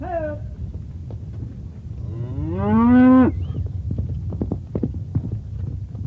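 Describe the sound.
Cow mooing: a short low moo at the start, then a loud, drawn-out moo that rises in pitch and swells before cutting off, over a steady low rumble.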